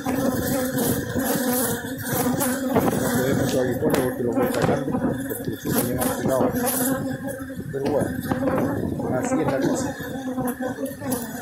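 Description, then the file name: Honey bees humming in a loud, busy drone, with frequent sharp clicks and rustles over the buzzing. Aggressive honey bees inside the hive. "Abejas agresivas"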